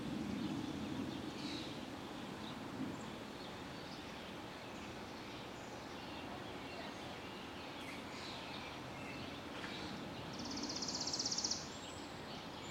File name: freesound Early Summer Evening Kids Playing Chipping Sparrows